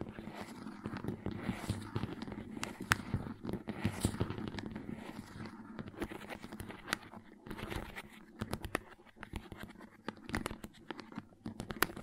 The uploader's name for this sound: Crayons Tapping, Carving, Cutting, Drawing Sounds